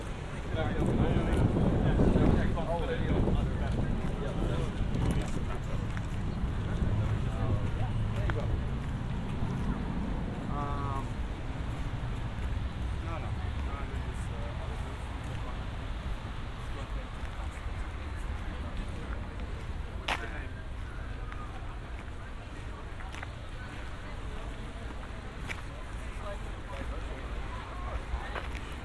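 Binaural field recording from Amsterdam: steady low street rumble with a brief voice near 10 seconds and scattered clicks and knocks throughout.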